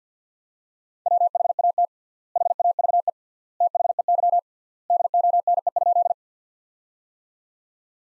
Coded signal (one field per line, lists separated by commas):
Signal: Morse code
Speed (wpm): 48 wpm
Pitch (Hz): 700 Hz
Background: none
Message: WHAT HAVE THEY DONE?